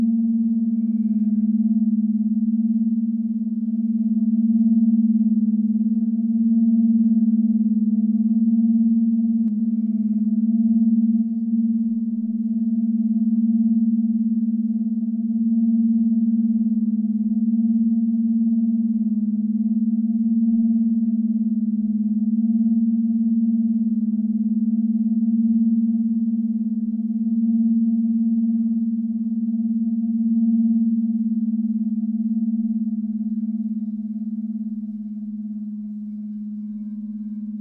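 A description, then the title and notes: A tuned gong sustains one low, steady hum for the whole stretch, with two fainter, higher tones ringing above it. The pitch holds constant while the loudness wavers gently, with no new strikes, and the sound thins slightly near the end. Immersive sound bath using her signature planetary gongs that are tuned to the frequencies of each planet.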